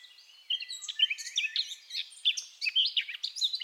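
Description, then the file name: Eurasian blackcap delivering a continuous fast warble of jumbled high chirps and twittering notes for several seconds. "Sylvia atricapilla"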